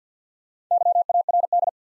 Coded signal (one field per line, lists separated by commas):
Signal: Morse code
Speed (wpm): 50 wpm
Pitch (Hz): 700 Hz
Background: none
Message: YARD